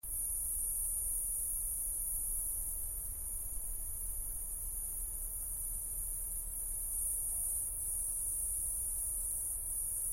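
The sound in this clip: Cicadas produce an unbroken, very high whining hum, level and unchanging throughout, with a soft low rumble underneath.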